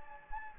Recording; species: mosquito wingbeat signal from an infrared sensor; Anopheles gambiae